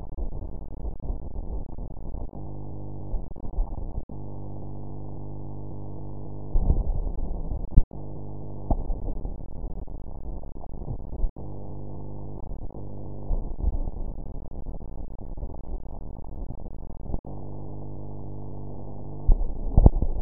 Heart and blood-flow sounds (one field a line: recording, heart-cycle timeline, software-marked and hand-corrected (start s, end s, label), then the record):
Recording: heart sounds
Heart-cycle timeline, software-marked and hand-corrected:
not marked
From the record:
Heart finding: coronary artery disease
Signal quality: poor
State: rest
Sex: female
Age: 46 years